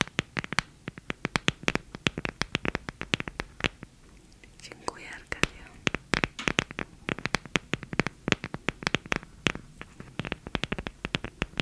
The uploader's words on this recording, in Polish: Podkast pełny dźwięków związanych z makijażem i pielęgnacją. Przyjemne dźwięki otwierania kosmetyków, zabiegów pielęgnacyjnych, stukania w przedmioty, szeptu.